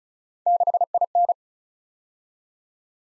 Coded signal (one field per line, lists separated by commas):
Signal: Morse code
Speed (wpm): 36 wpm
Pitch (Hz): 700 Hz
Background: none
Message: 6IN